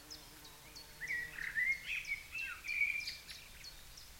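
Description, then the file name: Common blackbird: a brief, slurred fluty warble running into higher squeaky notes, with faint high chips around it. "Turdus merula"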